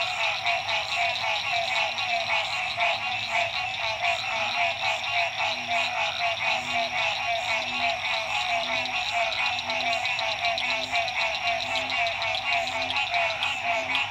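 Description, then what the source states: Frogs in full chorus, a thick wall of overlapping pulsed trills, with faint low hums now and then beneath the calling. Frogs recorded at dusk at La Rue PH, Illinois.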